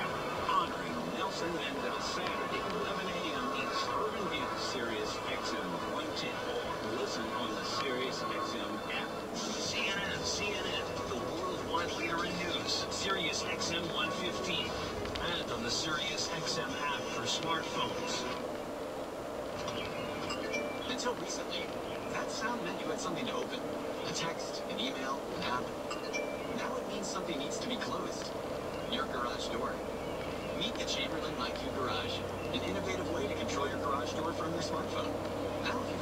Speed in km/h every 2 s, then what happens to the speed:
56, 56, 58, 58, 60, 60, 60, 60, 60, 60, 61, 60, 60, 60, 60, 61, 63, 63.
0-36 steady at about 60.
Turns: none.